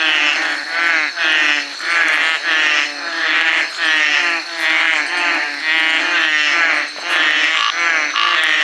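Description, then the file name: Veined tree frog calling with rough, rattling croaks given in a quick, uneven run with brief dips between them. "Trachycephalus typhonius"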